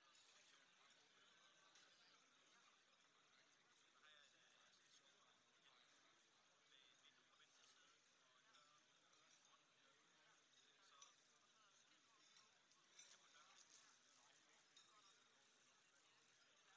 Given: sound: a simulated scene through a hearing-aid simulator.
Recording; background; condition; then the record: conversation; cafeteria (anchor of the quiet scene); -6 dB SNR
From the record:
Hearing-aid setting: anchor resembling a broken hearing aid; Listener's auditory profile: A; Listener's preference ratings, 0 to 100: 0, 0, 1